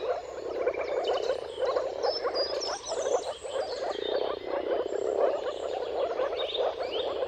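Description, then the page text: Chorus of moor frogs giving low, hollow bubbling calls without pause, mixed with busy birdsong of whistles and trills. Mating calls of a moor frog chorus at sunrise, at the turn of March and April, depending on the weather. "Dawn’s Chorus: Mating Calls of Marsh Frogs at Sunrise. Depending on the weather at the turn of March and April, you can witness an amazing spectacle of moor frogs. Jakub Orzecki"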